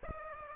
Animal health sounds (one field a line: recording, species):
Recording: mosquito wingbeat signal from an infrared sensor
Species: Aedes aegypti